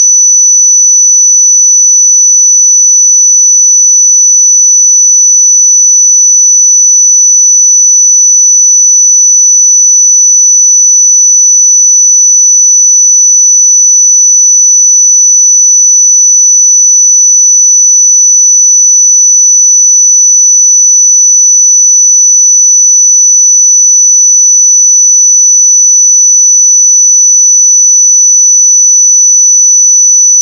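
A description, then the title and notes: A pure sine tone at 5968 Hz holds perfectly steady for the full thirty seconds. The pitch is high and thin, with no wavering, no change in loudness, and no other sounds around it. 5968 Hz 1 Hz Interval Sine Pure Tone Frequency 441000 Sample Mono.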